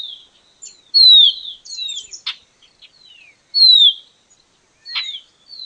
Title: LuckyPassaro Completos2Sama. Baywing (Agelaioides badius)